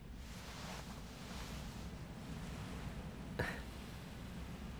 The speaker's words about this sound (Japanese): うん、波の音が気持ちいいね。